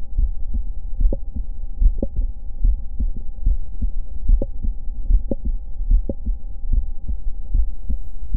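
Steady adult heartbeat at about 73 a minute, with a sharp extra click in mid-systole on some beats and missing on others, over a low steady hum. It is the mid-systolic click of mitral valve prolapse, a well-known sign, here behaving atypically: with the patient lying on the left side it is heard only on inspiration and vanishes on expiration.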